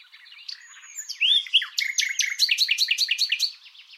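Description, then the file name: Common nightingale song opening with clear slurred whistles, then breaking into a fast, evenly repeated string of sharp, rich notes. "Luscinia megarhynchos"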